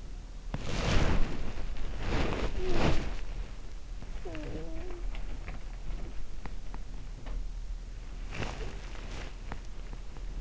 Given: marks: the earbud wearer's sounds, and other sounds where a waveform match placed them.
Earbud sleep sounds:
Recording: sounds in sleep by an in-ear microphone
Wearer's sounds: body movement, talking in sleep, teeth grinding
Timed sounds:
0.00-3.48 s: body movement
2.59-3.21 s: talking in sleep
4.09-5.12 s: talking in sleep
6.30-6.87 s: teeth grinding
8.20-9.35 s: body movement
9.35-10.41 s: teeth grinding

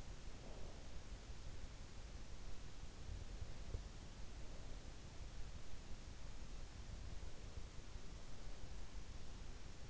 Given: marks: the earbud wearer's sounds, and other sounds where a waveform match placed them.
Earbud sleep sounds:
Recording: sounds in sleep by an in-ear microphone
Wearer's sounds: breath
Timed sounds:
0.00-1.07 s: breath

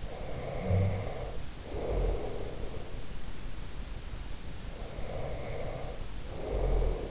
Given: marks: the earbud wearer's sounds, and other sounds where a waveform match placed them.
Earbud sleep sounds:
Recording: sounds in sleep by an in-ear microphone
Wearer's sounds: snoring breath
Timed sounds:
0.05-2.83 s: snoring breath
4.86-7.11 s: snoring breath

